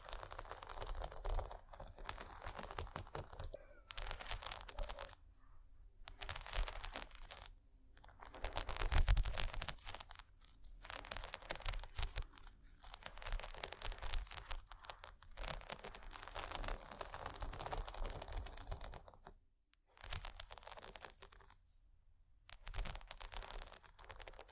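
Bumpy, textured items scratch in bursts of dense, crackly rasping that reaches into the bright highs. Strokes run a second or several long, broken by short silent gaps near 4, 6, 8, 12, 20 and 22 seconds. The loudest passage comes around 9 seconds.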